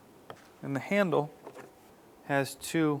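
The plastic retaining clip on a new front interior door handle for a 2003-2011 Honda Element has its lock rotated closed over the metal door latch rod, giving a single sharp click at 0.3 s as the rod locks into place and is seated. Someone then talks for the rest of the clip.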